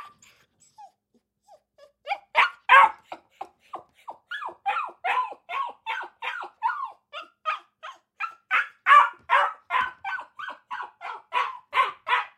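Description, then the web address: Akita puppy barking in a long run of high, sharp yaps that start sparse and quiet, then come rapidly and steadily, about two or three per second. Akita puppy barking in a cage kennel. "Blastwave ANIMALS Dog Akita Puppy. dog akita puppy bark in cage kennel"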